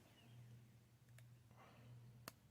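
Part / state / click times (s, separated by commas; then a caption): lock pick blade into bone handle slot / seated / 2.3 s. A lock pick blade is slid into a slot in a glue-coated bone handle and pressed until it seats, over a steady low hum. A faint tick comes at about 1.2 s, then a sharp snap at 2.3 s as the blade seats in the handle.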